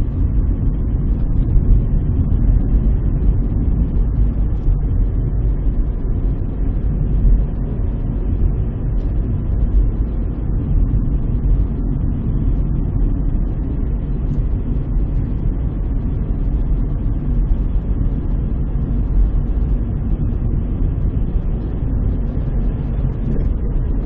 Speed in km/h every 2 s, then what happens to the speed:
39, 39, 39, 41, 43, 45, 46, 46, 47, 47, 51, 54.
0-18 steady at about 43. 18-24 speeds up to 54.